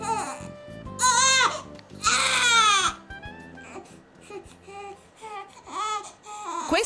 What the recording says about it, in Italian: Questo bambino sta piangendo. Dietro ad un pianto c'è sempre una richiesta. I lattantini nei primi mesi di vita non hanno altra forma di comunicazione che il pianto, che è proprio il loro linguaggio. Ogni vagito ha un significato diverso e anche un suono diverso.